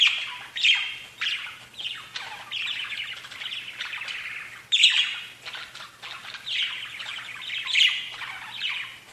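Budgerigar warbling chatter, continuous scratchy twitters and squeaky notes overlapping, a few sharper peaks standing out, steady throughout.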